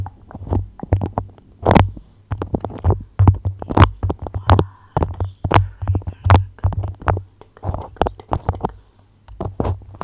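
Beeswax wrap being handled with quick crinkly taps and sticky scratches, a dense, irregular stream of sharp bright clicks over a low steady hum.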